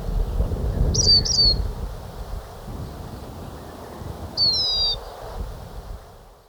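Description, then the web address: Lesser goldfinch calls: a short high twitter, then a sweet descending whistled note a few seconds later, over low rumbling noise. Recorded in Ecuador. "Natures Songs S America Birds of Ecuador. Lesser Goldfinch"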